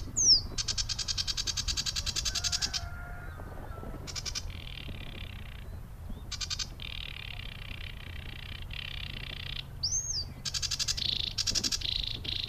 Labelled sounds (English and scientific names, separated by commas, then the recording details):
Sedge Warbler (Acrocephalus schoenobaenus)
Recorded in the wild
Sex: male
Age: adult
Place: Warsow, Kummerower See, Mecklenburg-Vorpommern, DE
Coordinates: 53.8375, 12.8308
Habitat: wetland
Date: 2013-05-23 11:40
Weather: sunny, weak wind, 15°C
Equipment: Sound Devices 702, Sennheiser MKH 70, Rycote Windschutz
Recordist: Frommolt, Karl-Heinz